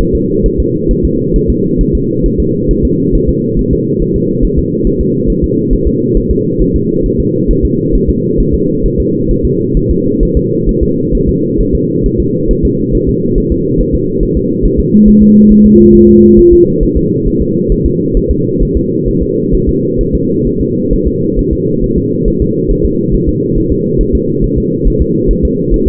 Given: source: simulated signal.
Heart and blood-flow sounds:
fetal heart sounds
0.01 s: S1
0.15 s: S2
0.46 s: S1
0.60 s: S2
0.91 s: S1
1.05 s: S2
1.36 s: S1
1.50 s: S2
1.81 s: S1
1.95 s: S2
2.26 s: S1
2.40 s: S2
2.71 s: S1
2.85 s: S2
3.15 s: S1
3.29 s: S2
3.59 s: S1
3.73 s: S2
4.02 s: S1
4.16 s: S2
4.45 s: S1
4.59 s: S2
4.87 s: S1
5.01 s: S2
5.30 s: S1
5.44 s: S2
5.73 s: S1
5.87 s: S2
6.17 s: S1
6.31 s: S2
6.61 s: S1
6.76 s: S2
7.06 s: S1
7.20 s: S2
7.51 s: S1
7.65 s: S2
7.95 s: S1
8.09 s: S2
8.40 s: S1
8.55 s: S2
8.86 s: S1
9.00 s: S2
9.31 s: S1
9.45 s: S2
9.77 s: S1
9.91 s: S2
10.23 s: S1
10.37 s: S2
10.69 s: S1
10.83 s: S2
11.15 s: S1
11.29 s: S2
11.61 s: S1
11.75 s: S2
12.06 s: S1
12.20 s: S2
12.51 s: S1
12.65 s: S2
12.95 s: S1
13.09 s: S2
13.38 s: S1
13.52 s: S2
13.81 s: S1
13.95 s: S2
14.23 s: S1
14.37 s: S2
14.66 s: S1
14.80 s: S2
15.08 s: S1
15.22 s: S2
15.52 s: S1
15.66 s: S2
15.95 s: S1
16.09 s: S2
16.39 s: S1
16.53 s: S2
16.83 s: S1
16.97 s: S2
17.27 s: S1
17.42 s: S2
17.72 s: S1
17.86 s: S2
18.17 s: S1
18.31 s: S2
18.63 s: S1
18.77 s: S2
19.08 s: S1
19.23 s: S2
19.55 s: S1
19.69 s: S2
20.01 s: S1
20.15 s: S2
20.47 s: S1
20.61 s: S2
20.93 s: S1
21.08 s: S2
21.39 s: S1
21.53 s: S2
21.84 s: S1
21.98 s: S2
22.28 s: S1
22.42 s: S2
22.71 s: S1
22.86 s: S2
23.14 s: S1
23.29 s: S2
23.58 s: S1
23.72 s: S2
24.01 s: S1
24.15 s: S2
24.44 s: S1
24.58 s: S2
24.88 s: S1
25.02 s: S2
25.31 s: S1
25.45 s: S2
25.74 s: S1
25.88 s: S2
From the record:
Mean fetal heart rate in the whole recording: 135 bpm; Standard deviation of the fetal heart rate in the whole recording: 3 bpm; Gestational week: 36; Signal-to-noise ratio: -11.2 dB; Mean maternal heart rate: 72 bpm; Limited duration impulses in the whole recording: present

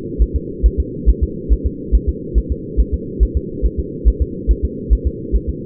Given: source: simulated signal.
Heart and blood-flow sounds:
fetal heart sounds
0.22 s: S1
0.36 s: S2
0.66 s: S1
0.80 s: S2
1.09 s: S1
1.23 s: S2
1.52 s: S1
1.66 s: S2
1.95 s: S1
2.09 s: S2
2.38 s: S1
2.52 s: S2
2.80 s: S1
2.94 s: S2
3.23 s: S1
3.37 s: S2
3.66 s: S1
3.79 s: S2
4.08 s: S1
4.22 s: S2
4.51 s: S1
4.65 s: S2
4.93 s: S1
5.07 s: S2
5.36 s: S1
5.50 s: S2
From the record:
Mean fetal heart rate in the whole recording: 140 bpm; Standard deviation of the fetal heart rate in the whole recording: 2 bpm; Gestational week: 34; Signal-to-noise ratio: -4.1 dB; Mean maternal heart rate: no maternal heart sound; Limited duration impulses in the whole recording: absent

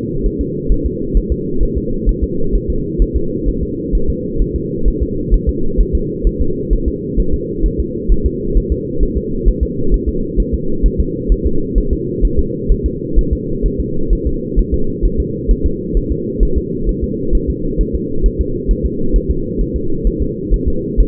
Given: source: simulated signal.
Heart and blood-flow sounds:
fetal heart sounds
0.26 s: S1
0.41 s: S2
0.72 s: S1
0.86 s: S2
1.17 s: S1
1.32 s: S2
1.63 s: S1
1.78 s: S2
2.09 s: S1
2.24 s: S2
2.55 s: S1
2.70 s: S2
3.02 s: S1
3.17 s: S2
3.49 s: S1
3.63 s: S2
3.95 s: S1
4.10 s: S2
4.42 s: S1
4.56 s: S2
4.88 s: S1
5.03 s: S2
5.34 s: S1
5.49 s: S2
5.81 s: S1
5.95 s: S2
6.27 s: S1
6.41 s: S2
6.73 s: S1
6.88 s: S2
7.20 s: S1
7.34 s: S2
7.66 s: S1
7.80 s: S2
8.12 s: S1
8.26 s: S2
8.57 s: S1
8.72 s: S2
9.03 s: S1
9.18 s: S2
9.48 s: S1
9.63 s: S2
9.94 s: S1
10.09 s: S2
10.40 s: S1
10.54 s: S2
10.86 s: S1
11.00 s: S2
11.32 s: S1
11.46 s: S2
11.78 s: S1
11.93 s: S2
12.25 s: S1
12.39 s: S2
12.72 s: S1
12.86 s: S2
13.19 s: S1
13.33 s: S2
13.66 s: S1
13.80 s: S2
14.13 s: S1
14.27 s: S2
14.59 s: S1
14.74 s: S2
15.05 s: S1
15.20 s: S2
15.51 s: S1
15.66 s: S2
15.97 s: S1
16.12 s: S2
16.43 s: S1
16.57 s: S2
16.89 s: S1
17.04 s: S2
17.35 s: S1
17.50 s: S2
17.81 s: S1
17.95 s: S2
18.26 s: S1
18.41 s: S2
18.71 s: S1
18.86 s: S2
19.16 s: S1
19.31 s: S2
19.61 s: S1
19.76 s: S2
20.07 s: S1
20.22 s: S2
20.54 s: S1
20.68 s: S2
21.00 s: S1
From the record:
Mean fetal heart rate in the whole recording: 130 bpm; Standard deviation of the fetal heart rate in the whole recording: 2 bpm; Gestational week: 36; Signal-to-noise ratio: -8.1 dB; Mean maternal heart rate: 72 bpm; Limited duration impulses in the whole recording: absent

